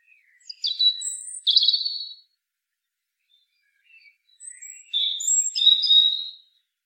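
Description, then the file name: European robin song: varied, high, thin warbled phrases with sweeping whistles and trills, in two bursts separated by a pause. "Erithacus rubecula"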